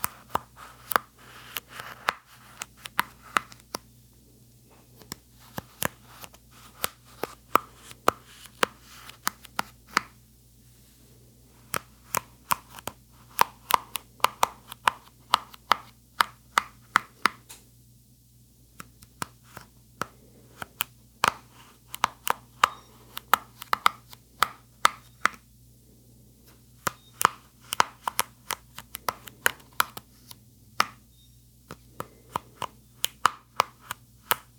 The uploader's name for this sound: Popping Brush Bristles